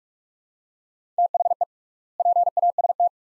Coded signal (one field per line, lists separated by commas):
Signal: Morse code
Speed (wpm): 43 wpm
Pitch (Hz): 700 Hz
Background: none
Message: THE PAST